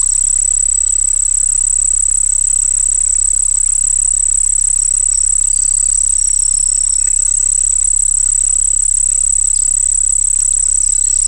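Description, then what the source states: Crickets keep up a thin, piercing, unchanging trill, with faint higher chirps now and then and a low droning hum below. Crickets singing by a pond.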